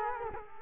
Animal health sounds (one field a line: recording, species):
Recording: mosquito wingbeat signal from an infrared sensor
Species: Culex quinquefasciatus